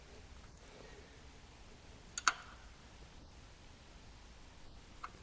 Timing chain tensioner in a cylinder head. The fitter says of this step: so we're just going to release it like that. You'll hear it click into place,